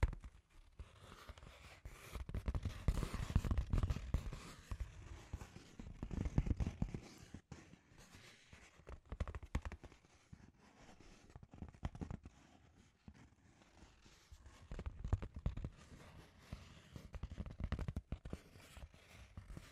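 Scratchy tapping runs through the whole stretch as rapid, irregular clicks and scrapes, dense and gritty. It comes in uneven bursts, louder around three and six seconds and again near sixteen to eighteen, with a low thumping rumble underneath and quieter gaps between.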